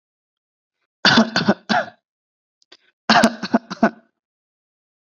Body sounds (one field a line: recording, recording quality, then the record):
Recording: shallow voluntary cough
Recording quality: excellent, no background noise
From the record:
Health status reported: healthy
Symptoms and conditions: hypertension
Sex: male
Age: 29 years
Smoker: not ticked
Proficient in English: yes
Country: India